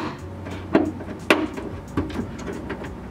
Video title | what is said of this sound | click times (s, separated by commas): Honda Civic LEDs How to Install - 7th Generation 2001 - 2005 | just wait for the two click sounds | 0.8 s, 1.3 s